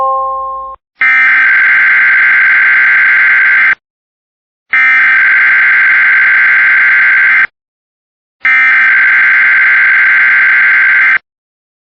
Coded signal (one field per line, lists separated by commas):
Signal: Emergency Alert System (SAME) tones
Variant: header bursts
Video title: Hawaii Tsunami Watch EAS 7/29/2025